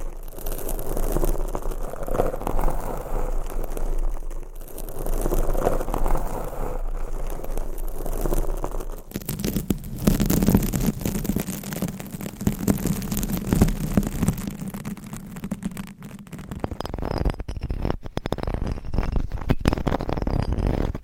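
Fingernails scratch and rub against a microphone through different covers. A dense, rough rustling fills the first nine seconds, then shifts to a duller, humming scrape with rapid ticks, and after about sixteen seconds turns to low rumbling broken by sharp scratches.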